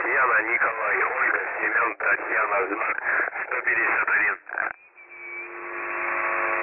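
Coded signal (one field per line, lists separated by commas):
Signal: coded military voice message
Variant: The Pip (S30), Russian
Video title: The Pip voice message (December 21, 2020 07:42 UTC)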